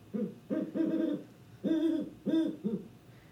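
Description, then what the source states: Great Horned Owl hooting: a deep series of hoots in a stuttering rhythm, with a longer early hoot and a quick closing pair. One of seven owl species found in Illinois; hoot described as very deep and stoic.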